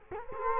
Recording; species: mosquito wingbeat signal from an infrared sensor; Culex quinquefasciatus